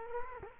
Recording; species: mosquito wingbeat signal from an infrared sensor; Culex quinquefasciatus